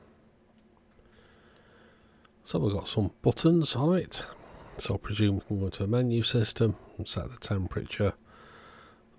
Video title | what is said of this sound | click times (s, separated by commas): ZOYI ZT-N1 and ZT-N2 Soldering iron with a multi meter. | clicks into place just like so | 1.6 s